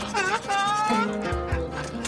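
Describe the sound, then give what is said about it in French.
A donkey brays in a loud, harsh run of honking calls: wavering, rising and falling tones give way to deep, heaving grunts near the end. “On dirait que mon âne a imité.”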